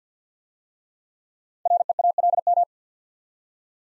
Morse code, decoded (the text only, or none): REALM